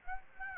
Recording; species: mosquito wingbeat signal from an infrared sensor; Aedes aegypti